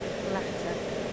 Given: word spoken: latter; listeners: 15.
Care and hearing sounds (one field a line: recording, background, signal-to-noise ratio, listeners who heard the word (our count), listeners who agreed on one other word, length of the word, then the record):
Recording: one English word in noise, from a listening test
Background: speech-shaped noise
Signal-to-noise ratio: -5.5 dB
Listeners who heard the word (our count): 1 of 15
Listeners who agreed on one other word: 11 of 15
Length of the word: 0.73 s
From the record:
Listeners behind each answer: 11, 1, 1, 1, 1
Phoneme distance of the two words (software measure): 10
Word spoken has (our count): 2 syllables, 4 phonemes, stress on syllable 1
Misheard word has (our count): 2 syllables, 4 phonemes, stress on syllable 1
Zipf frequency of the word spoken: 3.69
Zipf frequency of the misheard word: 4.85